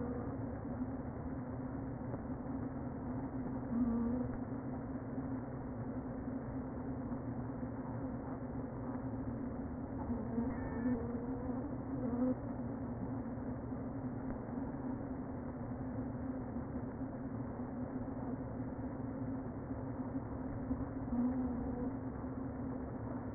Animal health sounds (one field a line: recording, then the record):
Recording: honeybee colony, microphone inside the hive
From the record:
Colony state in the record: queen present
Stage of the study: before two queens were removed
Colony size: about 60,000 bees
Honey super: yes